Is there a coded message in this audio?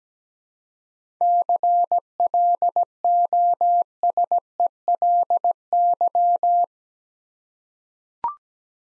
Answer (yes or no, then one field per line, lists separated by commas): yes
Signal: Morse code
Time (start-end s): 1.2-6.6 s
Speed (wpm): 17 wpm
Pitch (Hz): 700 Hz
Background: none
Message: CLOSELY